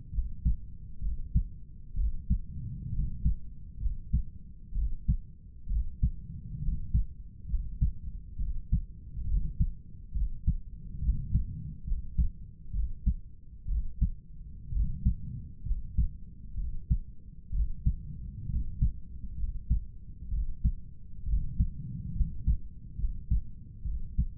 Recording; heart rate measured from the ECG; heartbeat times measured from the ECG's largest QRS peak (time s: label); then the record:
heart sounds by stethoscope; 66 bpm
0.14 s: heartbeat
1.03 s: heartbeat
1.98 s: heartbeat
2.94 s: heartbeat
3.82 s: heartbeat
4.76 s: heartbeat
5.70 s: heartbeat
6.63 s: heartbeat
7.50 s: heartbeat
8.40 s: heartbeat
9.28 s: heartbeat
10.15 s: heartbeat
11.03 s: heartbeat
11.88 s: heartbeat
12.74 s: heartbeat
13.69 s: heartbeat
14.74 s: heartbeat
15.67 s: heartbeat
16.58 s: heartbeat
17.54 s: heartbeat
18.50 s: heartbeat
19.38 s: heartbeat
20.32 s: heartbeat
21.27 s: heartbeat
22.16 s: heartbeat
22.99 s: heartbeat
23.86 s: heartbeat
From the record:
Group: healthy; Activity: rest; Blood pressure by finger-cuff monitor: 143/93 mmHg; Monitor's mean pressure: 107 mmHg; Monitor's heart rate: 65 bpm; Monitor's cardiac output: 7 L/min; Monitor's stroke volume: 107 mL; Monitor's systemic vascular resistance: 1140 dyn s/cm5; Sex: male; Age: 30 years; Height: 188 cm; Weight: 110.2 kg